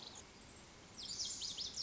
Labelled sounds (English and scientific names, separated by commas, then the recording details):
Lazuli Bunting (Passerina amoena)
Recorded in Sonoma County, California